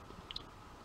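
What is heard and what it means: A plastic accessory piece is clipped into a Transformers Siege Voyager Optimus Prime figure, giving two sharp plastic clicks at 0.3 s and 0.4 s. The piece clips in but not straight, and on this copy it springs back out if pushed all the way.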